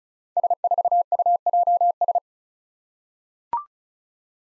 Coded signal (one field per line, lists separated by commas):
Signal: Morse code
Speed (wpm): 36 wpm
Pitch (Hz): 700 Hz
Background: none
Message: S4UJS